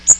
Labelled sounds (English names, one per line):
Magnolia Warbler flight call